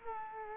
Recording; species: mosquito wingbeat signal from an infrared sensor; Culex quinquefasciatus